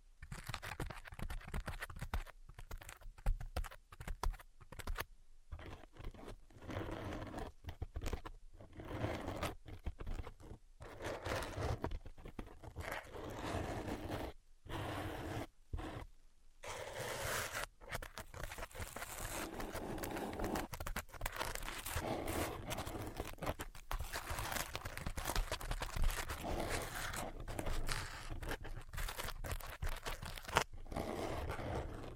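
Tapping and scratching in a dense, irregular stream, with quick crackly scrapes and crinkling bursts filling most of the 32 seconds. Brief silent gaps break it up, clustered around 5 and 15–17 seconds, and the rustling grows steadier and fuller after about 20 seconds.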